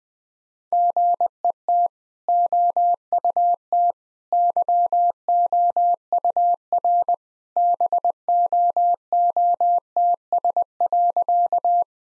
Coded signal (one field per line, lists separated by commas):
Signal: Morse code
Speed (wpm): 20 wpm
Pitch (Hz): 700 Hz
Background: none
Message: GET OUT YOUR BOOTS.